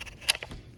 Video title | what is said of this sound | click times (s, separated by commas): Camera Setup | And you heard it click in, that was that little tab, and now it can't slide back. | 0.3 s